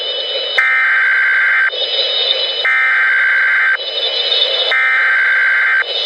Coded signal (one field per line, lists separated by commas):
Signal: Emergency Alert System (SAME) tones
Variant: header bursts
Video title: Gigan (A EAS Long Scenario)